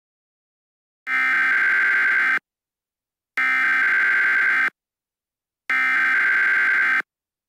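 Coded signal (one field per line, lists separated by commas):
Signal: Emergency Alert System (SAME) tones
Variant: header bursts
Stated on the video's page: Fictional EAS scenario about a Las Vegas fire, a simulated alert.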